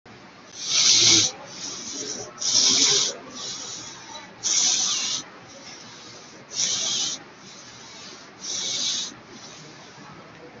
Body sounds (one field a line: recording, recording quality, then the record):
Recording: deep breathing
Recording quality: excellent, no background noise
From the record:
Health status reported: COVID-19 positive, mild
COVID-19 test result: positive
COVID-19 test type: RT-PCR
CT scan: taken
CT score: 6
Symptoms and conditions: cough, cold, breathing difficulty, sore throat, fever, fatigue, muscle pain, loss of smell and taste, diarrhoea, diabetes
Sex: male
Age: 36 years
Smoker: yes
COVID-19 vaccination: both doses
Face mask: not worn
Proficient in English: yes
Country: India